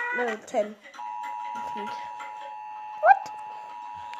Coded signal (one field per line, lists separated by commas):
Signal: Emergency Alert System (SAME) tones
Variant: 853 and 960 Hz attention tone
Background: speech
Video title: RATING EAS ALARMS OF THE COUNTRYS IDK ❓ WHAT ARE THE OTHER NAMES OF FLAGS OK 🆗🆗🆗🆗🆗🆗